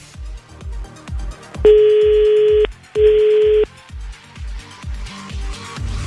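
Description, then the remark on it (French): Two steady, mid-pitched ringback tones from an outgoing phone call to a listener's home during a radio call-in contest, the first about a second long and the second shorter, sounding over a bouncy background music track with a thumping beat. “Bon, on fait sonner maintenant chez quelqu'un qui a envoyé Fun, et puis si ça décroche, et eh ben c'est gagné.”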